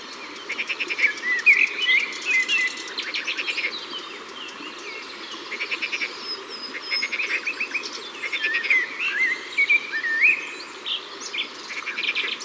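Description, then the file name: Eurasian blackbird singing mellow, fluty phrases repeated every few seconds, over dense background trilling and chirping. Ardèche, France. "Merle-Noir-Concerts-Naturels-De-l Ardeche"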